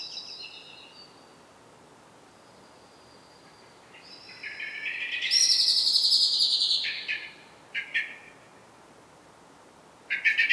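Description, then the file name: Common blackbird song phrases, with thin high twittering notes rising into a dense squeaky burst midway, then short chirps near the end. "Turdus merula"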